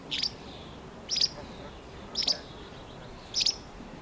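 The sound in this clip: Bird calls: four clipped high chirps, evenly spaced about a second apart, over a quiet hissing background.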